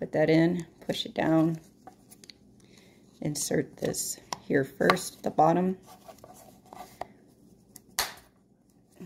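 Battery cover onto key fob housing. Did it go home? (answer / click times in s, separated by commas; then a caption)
yes / 8.0 s. A new coin cell is put into a BMW key fob, then the plastic battery cover is hooked in at the bottom and pushed down onto the key fob housing while someone talks, with faint handling taps in between. One loud snap at 8.0 s is the cover clicking shut, seated on the housing.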